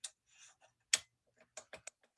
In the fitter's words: And it's locked in place.